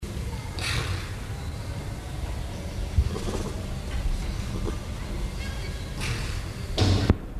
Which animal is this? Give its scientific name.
Neofelis nebulosa